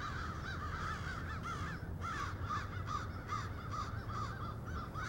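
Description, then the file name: Crows giving harsh, arching caws in rapid succession, several birds overlapping in a lively chorus, with a steady low hum in the background. In Cincinnati. "cinci crows"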